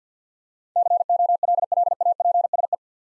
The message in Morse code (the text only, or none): COLLAPSE